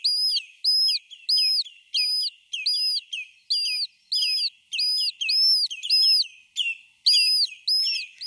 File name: lesser yellowlegs chicks